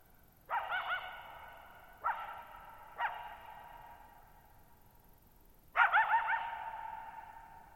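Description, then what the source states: Coyote giving four barks, a wavering yelp, two single sharp yelps, then a stronger wavering yip burst, every call trailing into a drawn-out echo in near silence. Lone coyote at night, July 14, 2019, Thirtymile Meadows, Okanogan National Forest, Okanogan High Country, Pacific Northwest, 6400 ft (1950 m); high dry plateau, shallow-bowl meadow.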